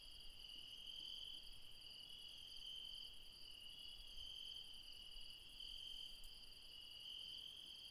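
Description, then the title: Insects trill in a constant shrill drone, brighter notes flaring briefly at regular intervals over a fast ticking overtone. Insects calling late at night in the mountains at Refuge Krevatia, Barbala, Dion, Greece. "Refuge Krevatia, Μπαρμπαλά, Dion 601 00, Greece - Late night mountain insects"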